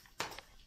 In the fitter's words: जैसे आप इंसर्ट करते हैं तो उसमें क्लिक की साउंड आती है।